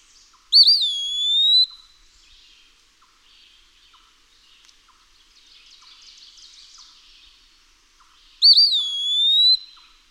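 Eastern wood-pewee repeating a wavering, upslurred whistled phrase twice, about eight seconds apart, with soft chattering of other birds in the gap.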